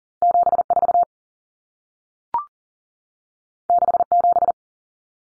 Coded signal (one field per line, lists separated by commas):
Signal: Morse code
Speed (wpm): 40 wpm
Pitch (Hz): 700 Hz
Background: none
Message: 74 67